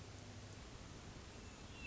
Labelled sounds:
Hermit Thrush (Catharus guttatus)
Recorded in Sonoma County, California

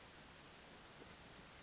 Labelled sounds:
Western Flycatcher (Empidonax difficilis)
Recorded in Sonoma County, California

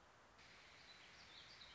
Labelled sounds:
Warbling Vireo (Vireo gilvus)
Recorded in Sonoma County, California

